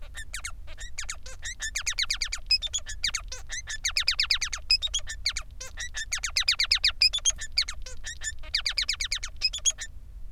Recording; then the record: song of a male Bengalese finch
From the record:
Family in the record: son of father 3